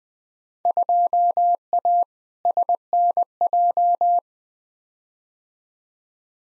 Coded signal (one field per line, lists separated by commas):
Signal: Morse code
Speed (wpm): 21 wpm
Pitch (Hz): 700 Hz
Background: none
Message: 2A SNJ